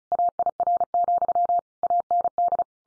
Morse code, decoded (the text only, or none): AIR, AND